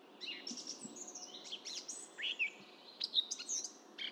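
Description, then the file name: Eurasian blackcap song, a fainter scratchy warble with a few brighter whistled notes toward the end, over a steady low background hiss. "Sylvia atricapilla"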